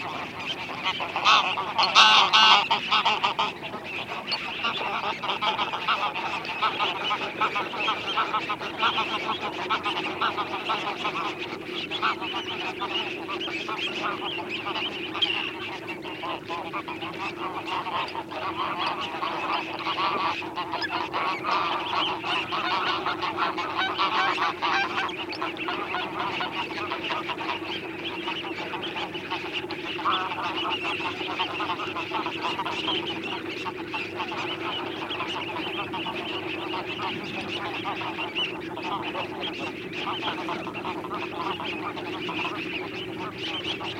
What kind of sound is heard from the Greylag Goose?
call